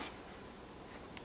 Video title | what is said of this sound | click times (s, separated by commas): How to Clean your Motorcycle Helmet - Back in the Garage | right up front here that one click we got the right | 1.2 s